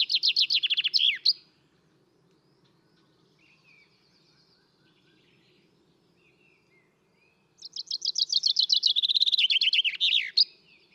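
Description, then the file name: Common chaffinch delivering a fast, descending rattle of notes with an ending flourish, heard twice, quiet bird notes and a soft low hum between. "Fringilla coelebs"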